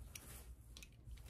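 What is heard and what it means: The lower straps of a costume-wing harness are brought up and the two halves of their plastic side-release buckle are handled as they are pushed toward each other. Soft rustling is broken by a few brief, light ticks around 0.2, 0.8 and 1.2 seconds. Nothing has seated or clicked yet; the buckle is not yet fastened.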